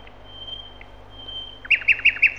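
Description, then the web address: Common nightingale song: a thin, faint steady whistle, then four loud, evenly spaced clipped notes near the end, delivered in quick succession. "gerlof. nachtegaal"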